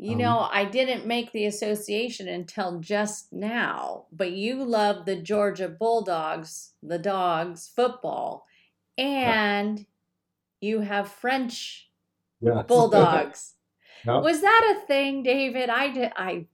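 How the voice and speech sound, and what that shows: A woman talks in a small room in a clear, steady, fluent voice with natural rises and falls in pitch. Her pauses are ordinary, and she ends with a question. A second voice briefly says "yep." The speech is ordinary conversational speech.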